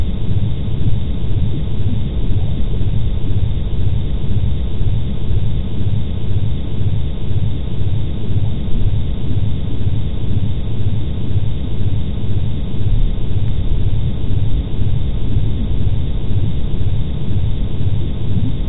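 A digitally processed recording of Niagara Falls, heard as a deep, continuous grumbling roar. It stays steady throughout, with a heavy low end that throbs in a quick, regular beat, and a dull upper hiss with no treble above it.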